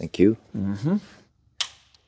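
Someone talks briefly, then a click-type torque wrench tightening the next bolt in the sequence on the engine of a supercharged Corvette gives a sharp click at 1.6 s. A faint tick follows at about 2.0 s, and the wrench has clicked at its setting, confirming the bolt is torqued.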